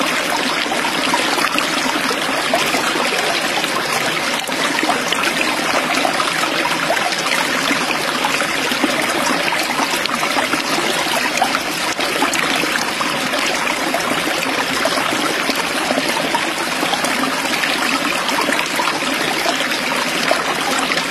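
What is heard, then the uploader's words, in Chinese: Flowing water runs steadily for the whole stretch, a dense, even rush with a bright, hissing top and a softer low murmur underneath. The level barely changes, with only tiny ripples and splashes in the texture, and no other sounds break through. 大自然的声音：流动的水声 无雷。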